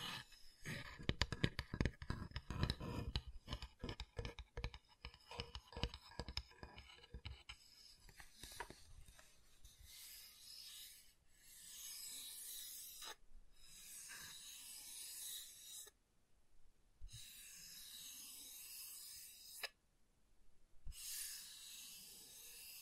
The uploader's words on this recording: ASMR Calming Wood Triggers for Sleep (No Talking).